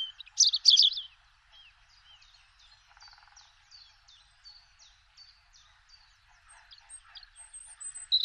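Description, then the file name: European robin, a short rich warbled burst followed by a string of soft, thin, high notes repeated quickly, ending with another brief phrase. "Rougegorge familier"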